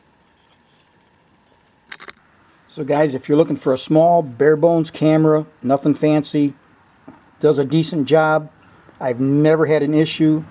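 A mounting bracket is slid back off a GiiNii GD-80 1080P HD dashcam, with sharp clicks at about 1.9 s and a few quick follow-up clicks just after as it unclips and comes off as easily as it went on. Someone then talks for most of the rest of the clip.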